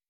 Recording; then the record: hydrophone in a shrimp aquaculture tank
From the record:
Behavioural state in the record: weakened